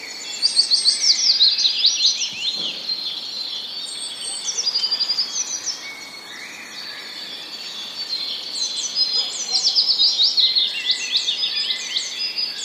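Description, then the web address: Willow warbler singing soft descending cascades of clear notes, amid chirps from other birds. Recorded 2 May 2013, singing against sparrows. "wroblowe kontra piecuszek 02 05 2013"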